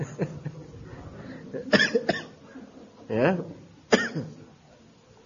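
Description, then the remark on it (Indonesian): Several short, sharp coughs burst out in quick succession, with a brief voiced sound and a single spoken word between them over a low, steady murmur. “Nih batuk juga kok ketawa.”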